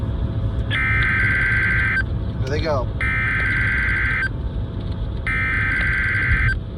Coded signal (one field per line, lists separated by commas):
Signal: Emergency Alert System (SAME) tones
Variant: header bursts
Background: speech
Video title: QUICK TRIP TO STATE COLLEGE… (EAS 3098-3099: Weekly Tests from 03/30/22)